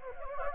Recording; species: mosquito wingbeat signal from an infrared sensor; Anopheles gambiae